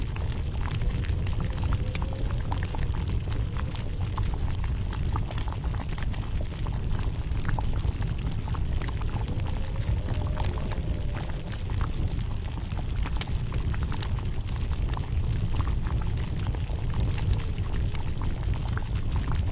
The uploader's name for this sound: Warm festive atmosphere, crackling bonfires and falling snowflakes